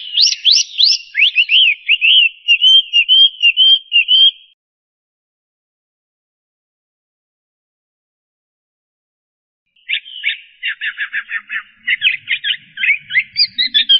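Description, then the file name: Chinese hwamei song in two bursts: fast looping whistles for four seconds, a pause, then rapid buzzy repeated notes resuming. "audio-kicauan-burung-hwamei -omkicau"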